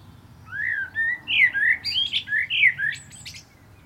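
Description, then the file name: Common blackbird song, a clear phrase of rich fluted whistles rising and falling, closing in a high, thin, scratchy flourish. "Turdus merula"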